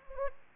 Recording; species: mosquito wingbeat signal from an infrared sensor; Anopheles gambiae